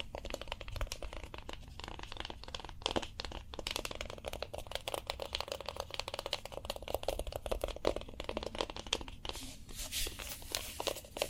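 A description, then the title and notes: Cork being handled for ASMR triggers: a dense, continuous run of quick scratchy taps and crinkly rubbing with no real pauses. The sound stays fairly even in level across the whole stretch, with a steady low rumble underneath and brief brighter flurries near the end. ASMR Cork Triggers. (No Talking).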